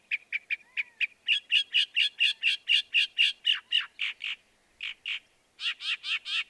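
Northern mockingbird song: rapid repeated chirps that shift into louder harsh notes, a short gap, then another burst of raspy notes.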